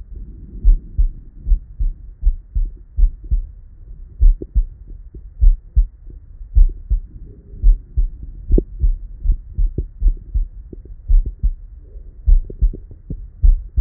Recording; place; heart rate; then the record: heart sounds by stethoscope; Erb's point; 55 bpm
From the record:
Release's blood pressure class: hypertension stage 2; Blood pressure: 140/77 mmHg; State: at rest